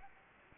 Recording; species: mosquito wingbeat signal from an infrared sensor; Anopheles gambiae